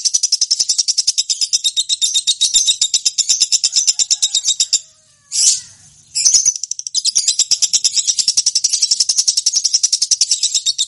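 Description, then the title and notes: Lovebird chirping in a long, rapid, very high run of harsh repeated notes, broken by a short pause around the midpoint before resuming. Champion (juara) lovebird singing (kicau). "Love Brid Juara. Kicau Lovebird"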